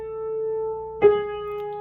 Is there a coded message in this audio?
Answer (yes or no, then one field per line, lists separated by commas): no